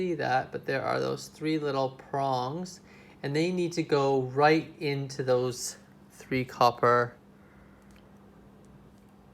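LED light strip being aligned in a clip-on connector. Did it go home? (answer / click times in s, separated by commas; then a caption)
no / none. An LED light strip is aligned in a clip-on connector, its three prongs lined up with the strip's three copper strips before the cover is closed. Someone talks through most of the clip, followed by quiet handling with a faint tick near 7.9 s. Nothing has snapped or clicked into place yet.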